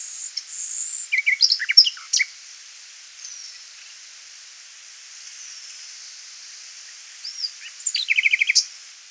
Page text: Common Nightingale Song. Quick Sounds